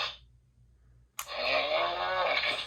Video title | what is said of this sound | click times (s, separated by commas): UNBOXING Jurassic World Dino Escape: 4K Review of NEW 2021 Mattel Toys / collectjurassic.com | so the first two clicks um kind of lock the tail back and the final click makes it swing | 1.2 s